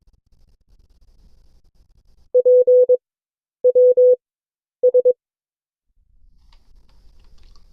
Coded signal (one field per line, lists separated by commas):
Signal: Morse code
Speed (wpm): 22 wpm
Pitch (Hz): 500 Hz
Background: none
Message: P W S